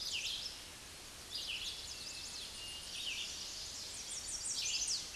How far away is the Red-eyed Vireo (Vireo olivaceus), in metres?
about 25 m